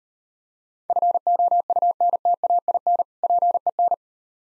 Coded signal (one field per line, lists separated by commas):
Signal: Morse code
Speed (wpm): 39 wpm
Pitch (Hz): 700 Hz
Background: none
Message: FOUNTAIN PEN